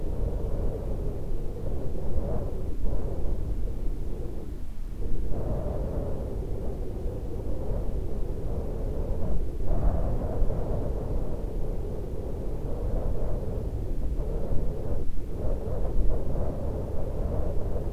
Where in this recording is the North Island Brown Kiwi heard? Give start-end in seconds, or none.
none